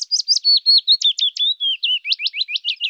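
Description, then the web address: Willow warbler song: a descending series of sweet whistled notes, starting high and slipping lower, ending in a string of rising slurred phrases. "Phylloscoupus trochilus"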